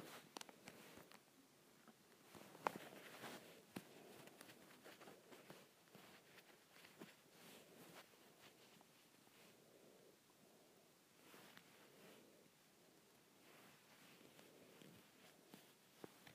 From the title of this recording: Scratching my Shirt